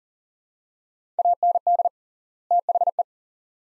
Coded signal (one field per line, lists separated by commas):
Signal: Morse code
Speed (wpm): 40 wpm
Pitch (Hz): 700 Hz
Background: none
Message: AND THE